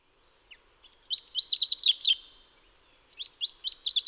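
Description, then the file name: Common chaffinch song: a bright, fast series of chirpy notes, followed by the start of a second phrase about a second later. "Fringilla coelebs"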